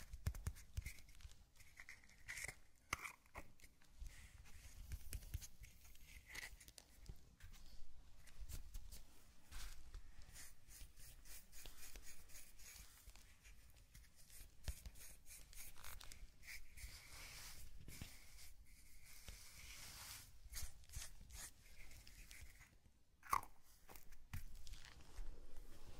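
Sand is brushed and crinkled in a zen garden, a dense, gritty rustle that runs throughout with frequent sharp crunchy bursts. Irregular taps punctuate it, a few standing out near 3, 20 and 23 seconds, over a low steady rumble underneath.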